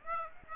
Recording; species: mosquito wingbeat signal from an infrared sensor; Aedes aegypti